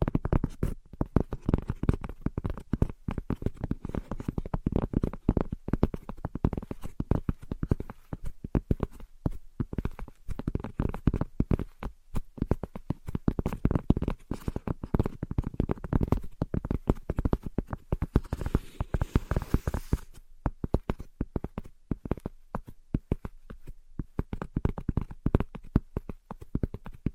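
Invisible tapping and scratching runs through the whole clip as a dense, irregular stream of quick taps, mostly low and dull with some brighter clicks. A soft scratchy hiss rises briefly near 18–20 seconds, then the busy tapping continues unchanged to the end.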